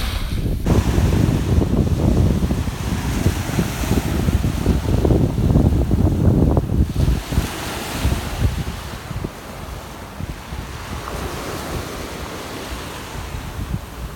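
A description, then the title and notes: Small waves wash in at a beach with a soft, continuous rushing. The loudest surge runs through the first seven seconds, deep and rumbling, then eases to a quieter, thinner hiss. Steady wind buffets the microphone throughout. The Interesting Sound of Waves from Nha Trang Beach. In Nha Trang, the typical feature is that the waves are not too big and the sound is very smooth.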